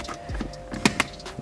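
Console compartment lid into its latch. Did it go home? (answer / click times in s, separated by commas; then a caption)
yes / 0.9 s, 1.0 s. In a BMW E90/E92, a plastic center console compartment lid is closed over an AUX wire routed through an opening in the compartment. After a soft low thump around 0.4 s, the lid snaps into its latch with two sharp clicks at 0.9 s and 1.0 s. It still locks in place with the wire there.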